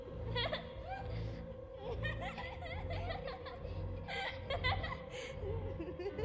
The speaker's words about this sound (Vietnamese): Nhưng ngay sau đó cả ngôi nhà vang lên một tiếng cười man dại.